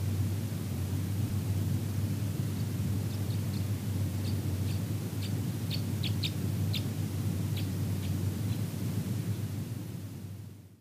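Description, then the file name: Red crossbill calls, short sharp chipping notes given singly and in quick pairs at irregular intervals, over a steady low rumbling hum. "isuka"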